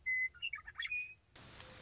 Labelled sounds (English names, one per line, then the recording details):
Western Meadowlark
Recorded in Sonoma County, California